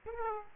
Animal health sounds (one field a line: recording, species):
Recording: mosquito wingbeat signal from an infrared sensor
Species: Aedes aegypti